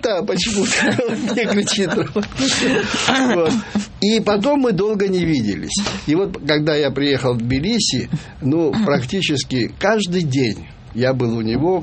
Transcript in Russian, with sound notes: – почему-то кричит. (смех) И потом мы долго не виделись. И вот когда я приехал в Тбилиси, ну, практически каждый день я был у него.